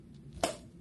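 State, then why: Seated. A medium full face mask is clipped onto BiPAP headgear. A faint rustle is followed by a sharp click at 0.4 s, showing the mask is secured in place.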